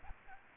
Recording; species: mosquito wingbeat signal from an infrared sensor; Aedes aegypti